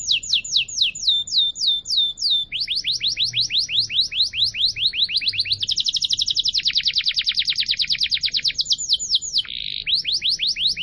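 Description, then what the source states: Atlantic canary singing unbroken tours of rapid repeated notes, each tour changing speed and pitch, including a dense high buzzy roll. Canary song used as a lure to attract birds.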